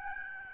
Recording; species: mosquito wingbeat signal from an infrared sensor; Aedes albopictus